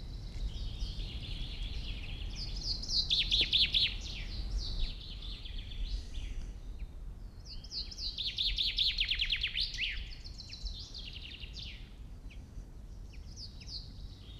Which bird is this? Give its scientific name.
Fringilla coelebs